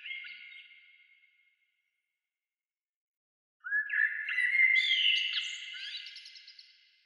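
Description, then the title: Bird song: the tail of a fading warble, a pause, then a loud complex phrase of rising whistles and rapid trills that trails away. "Oiseaux"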